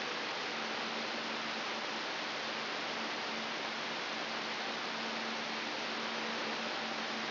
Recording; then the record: brain microelectrode recording played as sound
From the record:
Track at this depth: outside the subthalamic nucleus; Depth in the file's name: 7.926 mm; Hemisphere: right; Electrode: 3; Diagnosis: Parkinson's disease